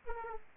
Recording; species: mosquito wingbeat signal from an infrared sensor; Aedes aegypti